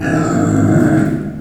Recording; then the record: squeal of a Yucatan mini pig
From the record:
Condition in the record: after surgery on the right vocal fold (resection and tissue-engineered implant); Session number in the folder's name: 3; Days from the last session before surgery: 21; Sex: female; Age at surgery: 19 weeks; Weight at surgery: 25 kg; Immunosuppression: prednisolone